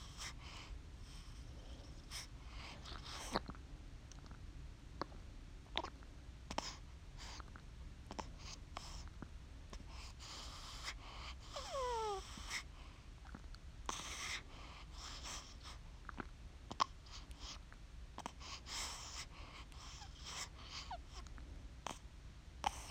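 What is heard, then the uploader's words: A baby breathes heavily over a steady low rumble, with frequent short wet clicks and snuffly bursts scattered throughout, like suckling. Around twelve seconds a couple of quick rising squeaks stand out, and brief breathy snorts recur near fourteen and nineteen seconds. Heavy baby breathing, suckling, and little baby squeaks!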